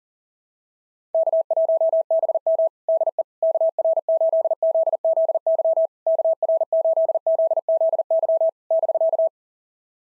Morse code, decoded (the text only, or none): K1BM DE KR8ZZY KR8ZZY <BK>